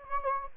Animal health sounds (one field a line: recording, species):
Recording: mosquito wingbeat signal from an infrared sensor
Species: Anopheles gambiae